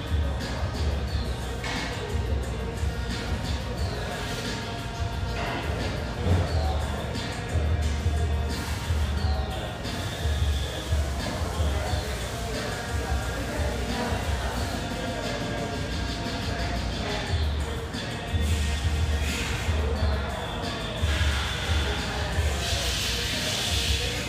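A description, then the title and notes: A café filled with a steady wash of chatter and upbeat music, a thumping low beat running underneath throughout. Sharp clinks and brief clatters of dishes cut through every few seconds, with a brighter burst of clatter near the end. Musical, upbeat vibe of this café with a view, located in a high rise.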